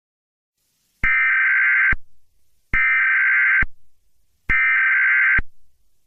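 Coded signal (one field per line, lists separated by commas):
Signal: Emergency Alert System (SAME) tones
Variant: header bursts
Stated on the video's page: Unfinished fictional EAS scenario about spikes coming out of the ground.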